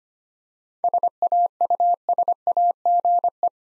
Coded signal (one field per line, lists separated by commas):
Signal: Morse code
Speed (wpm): 25 wpm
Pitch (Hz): 700 Hz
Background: none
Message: SAUSAGE